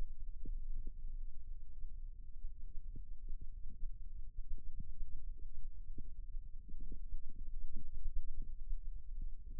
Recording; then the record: forearm muscle sounds (acoustic myography)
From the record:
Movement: rest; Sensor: system 2, bracelet of six BSWA MPA416 microphones around the upper forearm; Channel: 5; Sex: male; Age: 22 years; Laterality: right